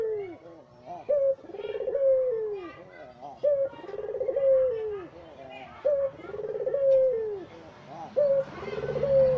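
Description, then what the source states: Barbary dove repeating a trilled, purring coo that ends in a long downward slur, four phrases at an even pace. White Barbary dove ('puter putih'), masteran training song used in the Indonesian kicau mania songbird hobby for teaching songbirds.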